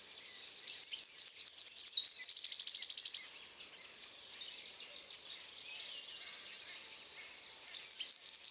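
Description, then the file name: Eurasian wren song: a loud, rapid burst of high tinkling notes and fast trills lasting about three seconds, then quiet, then another burst starting near the end. "Troglodytes troglodytes"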